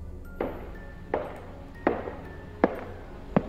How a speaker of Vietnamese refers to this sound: Không gian yên lặng, chỉ có tiếng gót giày nện xuống sàn, nghe cứ cộm cộp và tiếng thở gấp gáp dồn dập.